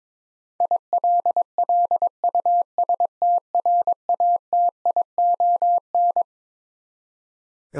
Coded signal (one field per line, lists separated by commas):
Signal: Morse code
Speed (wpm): 22 wpm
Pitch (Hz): 700 Hz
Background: none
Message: ILLUSTRATION